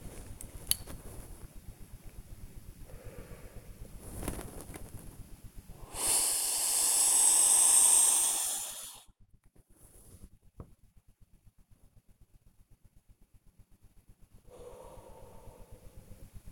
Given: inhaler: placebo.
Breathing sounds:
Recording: one use of a dry powder inhaler by a smartwatch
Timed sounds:
0.29-0.91 s: inhaler activation
2.74-3.95 s: exhalation
5.69-9.14 s: inhalation
14.44-16.37 s: exhalation

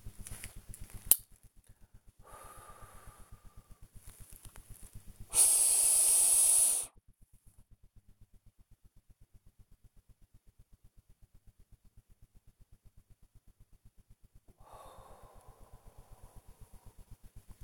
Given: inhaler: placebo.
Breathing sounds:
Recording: one use of a dry powder inhaler by a smartwatch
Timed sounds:
0.14-1.38 s: inhaler activation
2.15-3.90 s: exhalation
5.26-7.01 s: inhalation
14.54-17.26 s: exhalation

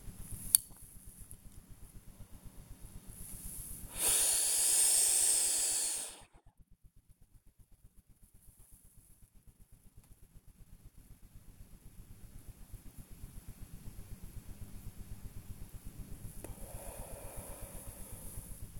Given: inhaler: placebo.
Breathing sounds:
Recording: one use of a dry powder inhaler by a smartwatch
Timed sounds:
0.14-0.86 s: inhaler activation
2.06-3.13 s: exhalation
3.88-6.49 s: inhalation
16.24-18.73 s: exhalation

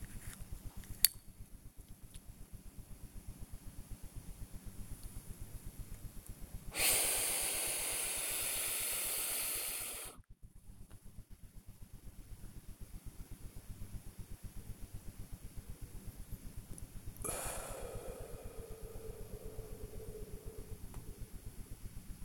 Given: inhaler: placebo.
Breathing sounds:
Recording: one use of a dry powder inhaler by a smartwatch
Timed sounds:
0.11-1.34 s: inhaler activation
6.67-10.25 s: inhalation
17.19-21.86 s: exhalation

